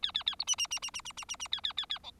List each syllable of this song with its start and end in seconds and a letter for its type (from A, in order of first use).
0.02-0.12 A, 0.14-0.23 A, 0.26-0.35 A, 0.39-0.44 B, 0.47-0.56 C, 0.58-0.67 C, 0.70-0.79 C, 0.82-0.91 C, 0.94-1.01 C, 1.05-1.12 C, 1.17-1.25 C, 1.28-1.36 C, 1.39-1.48 C, 1.52-1.61 A, 1.64-1.73 A, 1.77-1.86 A, 1.89-1.99 A, 2.03-2.11 D